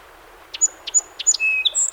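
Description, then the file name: Song sparrow song starting: three crisp introductory notes about a third of a second apart, then a jumble of high whistled and chipped notes. Recorded 7 June 2018; recording holds 21 songs. "2018-06-07 SOSP 21 Songs"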